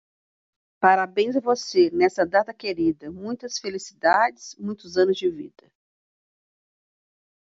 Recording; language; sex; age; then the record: short text; Brazilian Portuguese; female; 60 to 69 years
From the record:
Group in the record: control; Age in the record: 61 years